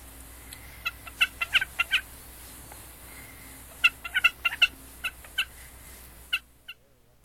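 Wilson's snipe calling: short, sharp, high notes in irregular bursts, several quick notes together, then a pause and another cluster.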